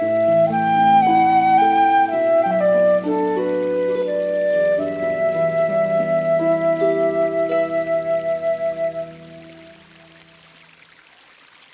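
A slow instrumental rendition of a jazz standard plays sustained chords under a clear mid-range melody, the harmony shifting every couple of seconds. From about five seconds the notes take on a steady pulsing wobble before the music fades near nine seconds into a soft, lingering tail.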